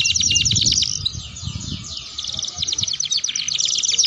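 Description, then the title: Atlantic canary: a short burst of fast, high, rattling trills and sweeping notes, sung continuously over faint low background noise. Domestic Belgian canary song played to stimulate and warm up other canaries and to tutor young canaries; a vigorously singing bird. "Canto Para Esquentar Canário Belga. Suara Pancingan Kenari Gacor || Bagus Untuk Masteran Kenari Paud"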